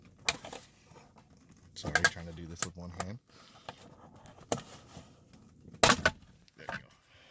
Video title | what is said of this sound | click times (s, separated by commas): Bmw headrest repair reset after collision with charge unit replacement x3 x5 | top of the back of the headrest pull up on it you'll feel it click you can pull it back | 0.3 s